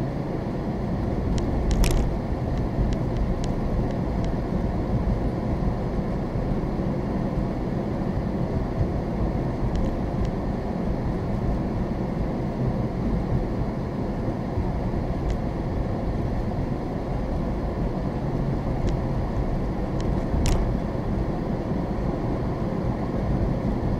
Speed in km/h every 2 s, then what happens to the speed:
32, 34, 37, 39, 40, 37, 35, 32, 31, 32, 34, 39.
0-8 speeds up to 40. 8-17 slows to 31. 17-24 speeds up to 39.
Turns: none.